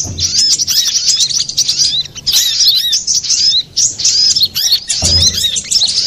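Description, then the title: Little spiderhunter singing in rapid high-pitched phrases of squeaky chirps and curved whistles, with a few short gaps between phrases. Master recording for training cage birds, labelled Labaik. "Masteran Burung Sogok Ontong Labaik"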